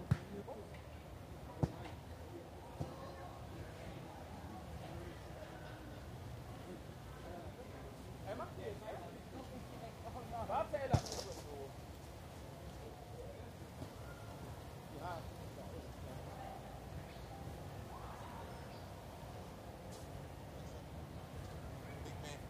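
Busy outdoor ambience in Munich's Englischer Garten, with a steady murmur of overlapping voices and low rumble running throughout. Short sharp clicks and knocks pop up now and then, and a brief louder burst of activity rises around the eleven-second mark.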